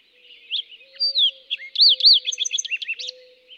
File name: Fox Sparrow